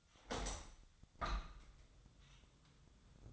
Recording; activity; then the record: daily activity, microphone in the room; open window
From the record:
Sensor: 3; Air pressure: 1004.6 hPa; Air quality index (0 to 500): 99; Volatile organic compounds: 3 ppm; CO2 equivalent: 1535 ppm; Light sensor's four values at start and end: 7/16/6/6 and 7/17/7/6